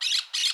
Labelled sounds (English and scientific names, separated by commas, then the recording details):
Brown-throated Parakeet (Eupsittula pertinax) contact call
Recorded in Curacao
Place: Hoffi Jan Thiel
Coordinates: 12.094, -68.877